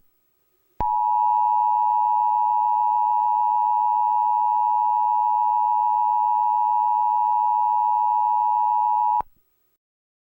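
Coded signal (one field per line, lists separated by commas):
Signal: Emergency Alert System (SAME) tones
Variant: 853 and 960 Hz attention tone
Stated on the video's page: Fictional EAS scenario.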